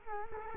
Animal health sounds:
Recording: mosquito wingbeat signal from an infrared sensor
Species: Culex quinquefasciatus

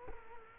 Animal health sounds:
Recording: mosquito wingbeat signal from an infrared sensor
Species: Culex quinquefasciatus

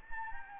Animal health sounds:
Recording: mosquito wingbeat signal from an infrared sensor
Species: Anopheles gambiae

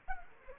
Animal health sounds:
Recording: mosquito wingbeat signal from an infrared sensor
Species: Culex quinquefasciatus

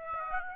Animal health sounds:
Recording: mosquito wingbeat signal from an infrared sensor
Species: Aedes aegypti

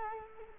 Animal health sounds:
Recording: mosquito wingbeat signal from an infrared sensor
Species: Culex quinquefasciatus

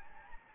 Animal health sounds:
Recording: mosquito wingbeat signal from an infrared sensor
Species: Anopheles gambiae

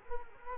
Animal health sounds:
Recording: mosquito wingbeat signal from an infrared sensor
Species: Culex quinquefasciatus

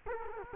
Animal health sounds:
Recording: mosquito wingbeat signal from an infrared sensor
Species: Culex quinquefasciatus

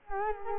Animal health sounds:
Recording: mosquito wingbeat signal from an infrared sensor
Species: Culex quinquefasciatus

